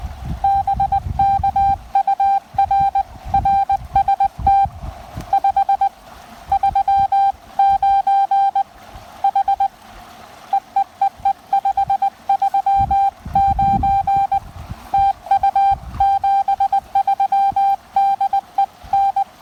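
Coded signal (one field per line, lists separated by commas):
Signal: Morse code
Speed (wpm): 19 wpm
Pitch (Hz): 790 Hz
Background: none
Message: BK UR RST 539 H EEEE 539 TU 73 DE N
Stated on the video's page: Windy creekside QRP park activation of Pisgah National Forest using a TX-500 transceiver with ZM-2 tuner and PackTenna 9:1 antenna.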